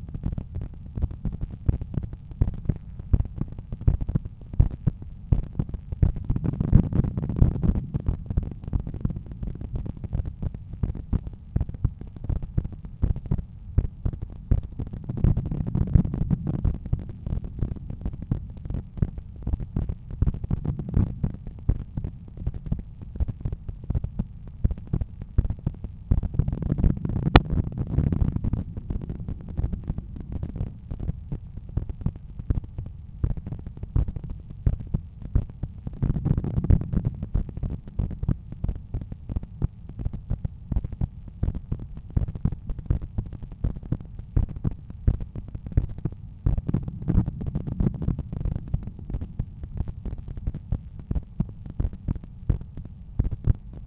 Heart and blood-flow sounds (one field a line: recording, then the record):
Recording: heart sounds by stethoscope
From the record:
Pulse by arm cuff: 85 bpm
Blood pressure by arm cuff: 120/76 mmHg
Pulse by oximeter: 85 bpm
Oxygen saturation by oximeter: 98%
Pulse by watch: 86 bpm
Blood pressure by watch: 114/75 mmHg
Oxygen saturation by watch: 99%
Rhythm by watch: sinus rhythm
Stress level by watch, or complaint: light headache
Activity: after breakfast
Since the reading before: after 2200 steps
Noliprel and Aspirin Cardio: after pills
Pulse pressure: 44 mmHg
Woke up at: 6:50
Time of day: 10:15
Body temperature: 36.5 C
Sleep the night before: 8 h 16 min, score 66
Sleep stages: REM 20%, light 64%, deep 6%, awake 10%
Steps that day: 6850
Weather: light rain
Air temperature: 18.2 C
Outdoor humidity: 90%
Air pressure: 1007 hPa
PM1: 3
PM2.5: 4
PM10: 6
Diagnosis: hypertension, treated with Noliprel and Aspirin Cardio 100 mg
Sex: male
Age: 53 years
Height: 174 cm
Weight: 81 kg